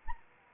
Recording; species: mosquito wingbeat signal from an infrared sensor; Anopheles arabiensis